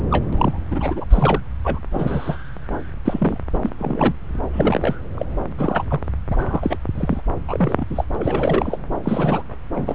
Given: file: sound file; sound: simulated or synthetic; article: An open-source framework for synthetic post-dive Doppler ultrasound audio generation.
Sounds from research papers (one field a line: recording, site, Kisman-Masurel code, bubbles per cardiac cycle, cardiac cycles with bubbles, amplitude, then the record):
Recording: Doppler ultrasound audio after a dive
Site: subclavian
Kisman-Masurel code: 242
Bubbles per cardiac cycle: several, 3–8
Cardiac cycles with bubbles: 100%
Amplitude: moderate amplitude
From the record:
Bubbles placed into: full cardiac cycles